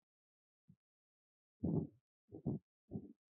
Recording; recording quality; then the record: heavy voluntary cough; poor, much background noise or distortion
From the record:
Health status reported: respiratory illness, not identified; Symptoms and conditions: asthma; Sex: male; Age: 25 years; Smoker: not ticked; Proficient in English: yes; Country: India